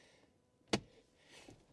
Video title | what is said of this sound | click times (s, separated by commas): Carpuride C92 car tablet | There. Press down till it clicks. | 0.7 s